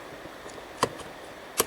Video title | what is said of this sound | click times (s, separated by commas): How To Replace A Front Window Regulator 2008-2012 Ford Escape | Okay, snaps in place, and you'll hear it click, and we're good. | 0.8 s, 1.6 s